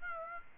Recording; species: mosquito wingbeat signal from an infrared sensor; Aedes aegypti